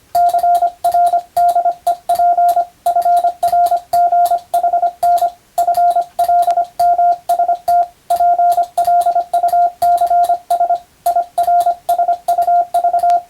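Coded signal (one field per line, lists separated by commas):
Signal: Morse code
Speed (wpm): 25 wpm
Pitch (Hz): 700 Hz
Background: radio noise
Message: CRDEP FRGHN FLMST PLUCS IRSUV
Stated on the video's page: Morse practice for the Japanese radiotelegraph operator national exam, using European-language telegram practice texts.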